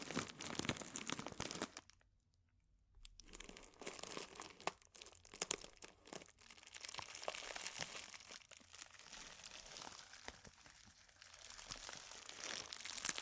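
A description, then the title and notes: Dense crinkling of plastic or foil fills the clip with bright, crackling rustles and sharp snaps. The handling pauses almost silently around two to three seconds, then resumes with steady crackle, swelling louder toward the end. Occasional crunchy tearing sounds punctuate the texture. ASMR Intense Close-Up Crinkles (No Talking).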